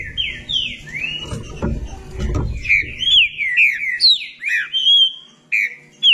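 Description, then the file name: Green-winged saltator song: a fast series of sliding whistles, some rising and some falling, with low knocking noises early in the phrase. "canto do trinca ferro"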